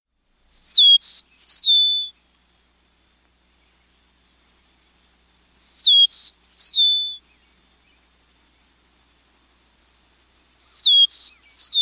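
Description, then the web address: Eastern meadowlark song: a bright phrase of clear, slurred, descending whistles, given three times about every five seconds with quiet gaps between. "Birds of the Chicago Region. Eastern Meadowlark"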